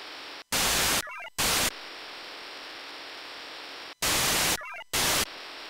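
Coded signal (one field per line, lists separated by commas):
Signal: HF data modem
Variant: VARA FM wide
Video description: Testing VARA-FM wide-mode communications on a tabletop with two radios connected to two separate sets of VARA-FM modem and VarAC application on the same PC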